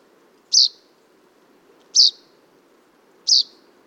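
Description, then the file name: Common chaffinch giving short, bright, high-pitched call notes, three of them spaced roughly 1.4 seconds apart, over a faint low background hum. "Fringilla coelebs"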